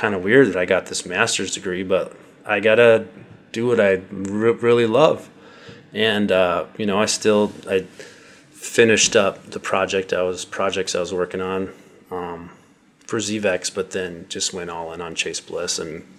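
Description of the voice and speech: An adult man speaks in a low voice at a moderate pace, with stretched sounds on small words, a repeated phrase ("projects I was, projects I was working"), a restart, and filled pauses. These mild prolongations and repetitions fit stuttering.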